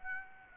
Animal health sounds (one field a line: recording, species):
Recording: mosquito wingbeat signal from an infrared sensor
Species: Aedes aegypti